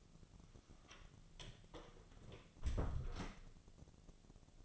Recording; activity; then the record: daily activity, microphone in the room; close door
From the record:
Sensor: 4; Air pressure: 1001.4 hPa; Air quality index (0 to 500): 182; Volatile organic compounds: 2 ppm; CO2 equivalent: 1306 ppm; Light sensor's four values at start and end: 14/32/13/13 and 16/37/15/15